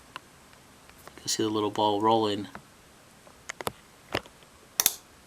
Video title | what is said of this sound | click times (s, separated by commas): How to install a wide rear foot peg on Yamaha R3 | you hear the click to lock it in place here | 4.8 s